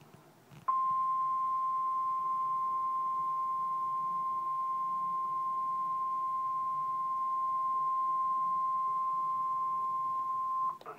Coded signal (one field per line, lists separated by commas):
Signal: Emergency Alert System (SAME) tones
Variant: 1050 Hz attention tone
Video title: Part of double header REAL EAS 861,862